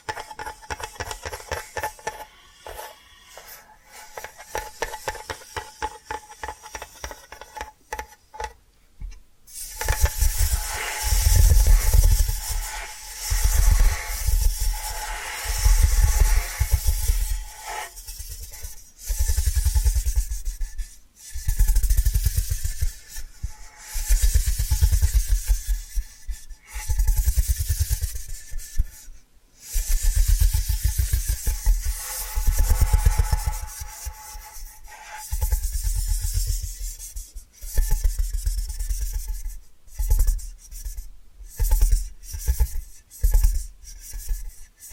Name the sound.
Hypnotic Tapping & Scratching Sounds